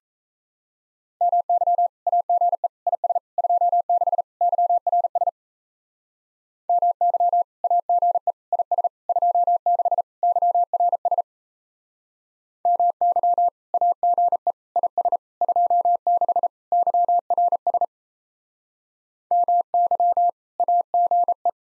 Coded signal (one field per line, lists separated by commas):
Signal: Morse code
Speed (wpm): 34 wpm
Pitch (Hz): 700 Hz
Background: none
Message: MY AGE IS 26 YRS MY AGE IS 26 YRS MY AGE IS 26 YRS MY AGE